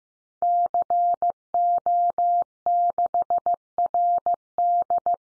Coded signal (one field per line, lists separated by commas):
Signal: Morse code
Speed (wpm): 15 wpm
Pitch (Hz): 700 Hz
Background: none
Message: CO6RD